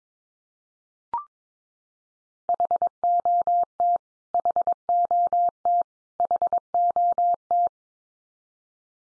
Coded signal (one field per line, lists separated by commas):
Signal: Morse code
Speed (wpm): 22 wpm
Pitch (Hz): 700 Hz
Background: none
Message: HOT HOT HOT